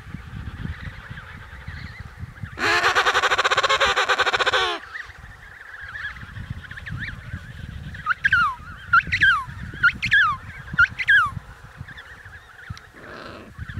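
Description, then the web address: Emperor penguin calls: a long, loud, harsh harmonic blast, then a series of sharp falling notes over background noise. Antarctica. "Antarctia Pinguins Keizerpinguins"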